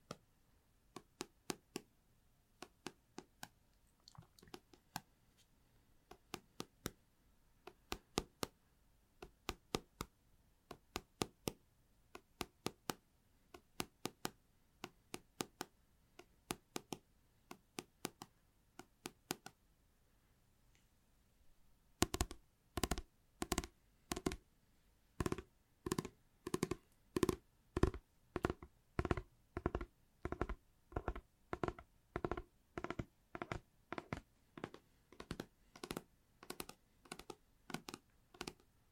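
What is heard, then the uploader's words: Tapping in sharp, dry clicks that reach from low to bright. For the first twenty seconds the taps are light and irregular, often in quick pairs. After a short pause near 21 seconds they become louder, heavier and steadily paced until the end. Une session ASMR basée sur le Tapping.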